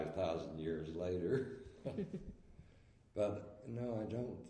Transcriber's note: laughs